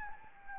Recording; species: mosquito wingbeat signal from an infrared sensor; Anopheles gambiae